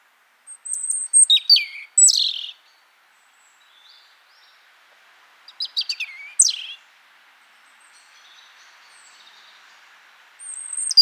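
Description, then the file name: European robin song: quick high whistles and steep downward-sweeping notes in two bursts separated by soft background hiss, with another phrase beginning at the end. "Erithacus rubecula"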